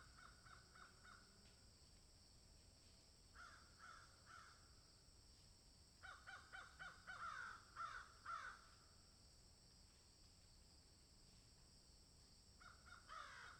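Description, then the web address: Crow cawing in scattered short bursts of hoarse, grating notes separated by quiet gaps. "ворона"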